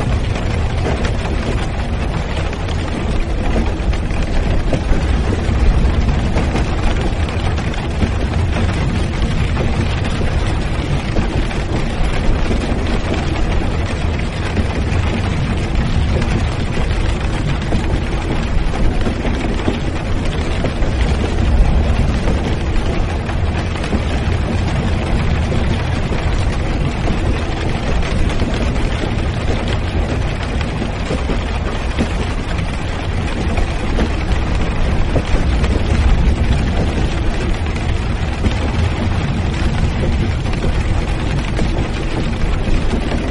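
Cars driving on a rainy day make a constant, dense roar that barely changes over the whole stretch. A heavy low rumble sits under a wet, even hiss from the tires and spray. No single vehicle stands out from the steady wash of traffic.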